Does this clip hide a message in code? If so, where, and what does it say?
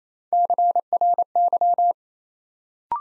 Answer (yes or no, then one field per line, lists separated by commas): yes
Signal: Morse code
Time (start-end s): 0.3-1.9 s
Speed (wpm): 28 wpm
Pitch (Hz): 700 Hz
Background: none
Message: CRY